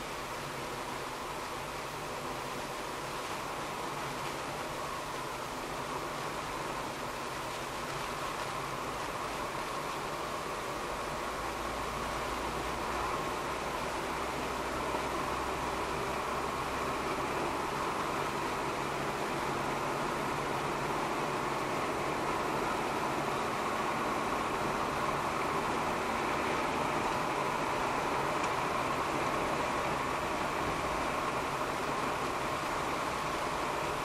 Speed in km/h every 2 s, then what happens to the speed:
49, 50, 51, 52, 52, 55, 59, 63, 66, 68, 70, 71, 73, 75, 72, 68, 65.
0-9 steady at about 51. 9-25 speeds up to 75. 25-34 slows to 65.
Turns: none.